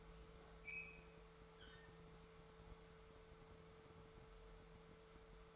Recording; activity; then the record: daily activity, microphone in the room; open fridge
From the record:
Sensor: 3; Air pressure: 1015.0 hPa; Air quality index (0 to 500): 201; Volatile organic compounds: 29 ppm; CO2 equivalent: 2928 ppm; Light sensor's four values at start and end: 13/32/13/14 and 13/32/13/14